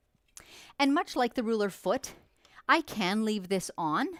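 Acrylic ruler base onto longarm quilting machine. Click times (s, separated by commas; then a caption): 0.4 s. An acrylic see-through ruler base, an extended table, is snapped onto a small longarm quilting machine to give a broader, stable surface for ruler work. A sharp click at 0.4 s marks it seating into place, and then someone talks.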